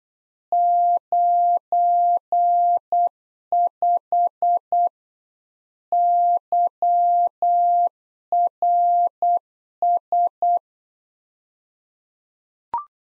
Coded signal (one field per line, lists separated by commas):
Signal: Morse code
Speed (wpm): 8 wpm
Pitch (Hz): 700 Hz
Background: none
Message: 95 YRS